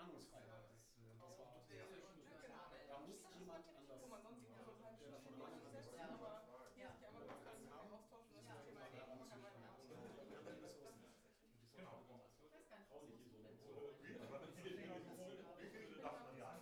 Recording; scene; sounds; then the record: everyday scene through a hearing-aid microphone; many people talking; many voices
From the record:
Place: bistro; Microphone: behind the ear, right, rear